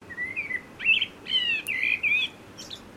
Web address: Sound Effects-Foundation 1 BIRD BLACKBIRD CALL